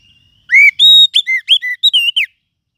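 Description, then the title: Lovebird calls: a rapid run of piercing, whistled chirps, around ten short notes over less than two seconds, then silence. Calls used as a bird-catching lure (pikat). "PIKAT BURUNG LOVEBIRD"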